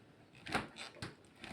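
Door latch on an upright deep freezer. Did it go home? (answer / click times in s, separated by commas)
yes / 0.6 s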